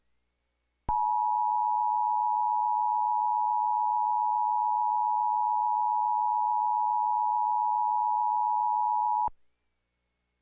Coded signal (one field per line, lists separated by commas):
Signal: Emergency Alert System (SAME) tones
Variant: 853 and 960 Hz attention tone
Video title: (EAS Mock): SoCal Tornado Watch